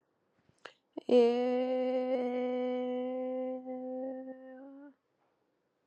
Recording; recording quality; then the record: sustained vowel as in made; excellent, no background noise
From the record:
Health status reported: COVID-19 positive, mild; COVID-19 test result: positive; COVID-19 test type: RT-PCR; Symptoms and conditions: cough, cold, fever, fatigue, muscle pain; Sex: female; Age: 26 years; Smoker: no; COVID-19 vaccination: both doses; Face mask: not worn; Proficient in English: yes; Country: India